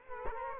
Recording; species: mosquito wingbeat signal from an infrared sensor; Culex quinquefasciatus